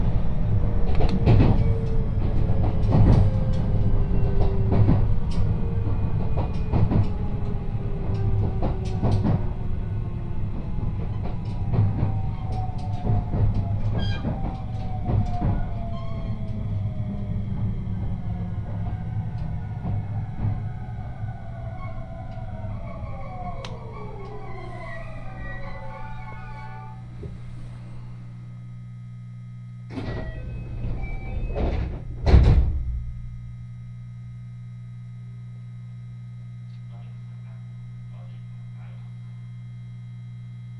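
Inside a train on a line between two stations, a low rumble fills the first half while pitched motor whines glide downward as it slows. After about twenty-five seconds the car settles into a steady low hum, with brief bumps and clatter around thirty seconds.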